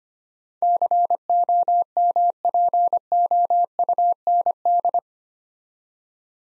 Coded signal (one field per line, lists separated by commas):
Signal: Morse code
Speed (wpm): 25 wpm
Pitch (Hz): 700 Hz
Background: none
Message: COMPOUND